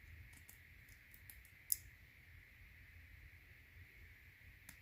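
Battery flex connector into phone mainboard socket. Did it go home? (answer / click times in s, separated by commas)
yes / 1.7 s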